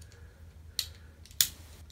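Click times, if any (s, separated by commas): 1.4 s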